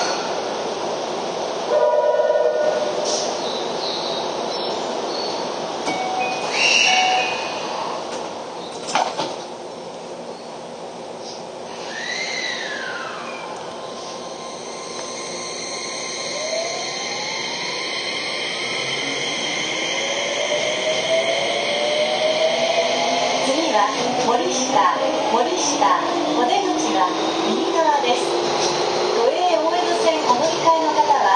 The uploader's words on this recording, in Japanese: 京王5000系 本八幡〜橋本。日中に運転が行われている都営新宿線 本八幡〜京王相模原線 橋本の運用を録音しました。都営新宿線は各停で京王線は区間急行となる。